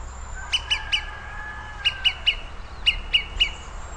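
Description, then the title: Olive-sided flycatcher song: three phrases, each a quick run of three sharp, bright whistled notes, the phrases about one to one and a half seconds apart, over low steady background rumble. "LuckyPassaro Completos2Sama. Olive-sided Flycatcher (Contopus cooperi)"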